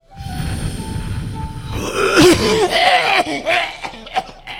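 After a moment of low, rough breathing, an adult gives a run of about four harsh, raspy coughs with a wheezy, strained edge between them. This is a tobacco smoker's cough.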